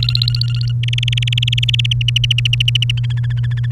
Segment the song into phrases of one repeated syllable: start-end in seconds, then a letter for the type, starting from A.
0.00-0.72 A, 0.83-1.93 B, 2.01-2.91 C, 2.97-3.66 D